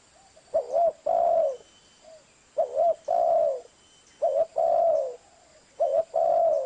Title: SUARA BURUNG DERKUKU MASTERAN BURUNG SUARA DERKUKU KUALITAS JERNIH Vubey